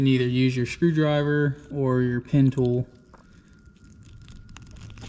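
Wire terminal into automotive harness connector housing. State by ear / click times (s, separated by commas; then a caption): not seated / none. Someone talks, then a crimped metal terminal is pushed into the back of a plastic automotive harness connector with a screwdriver or VW pin tool while repairing broken harness plugs, with only faint small ticks and scrapes from about 3.1 s on. The terminal has not snapped into place yet; no click is heard.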